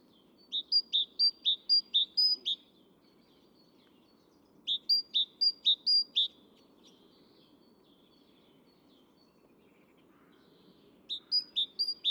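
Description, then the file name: Great tit song of crisp repeated two-syllable phrases, three bursts of several notes each, separated by short silences; soft low background noise throughout. "Parus major"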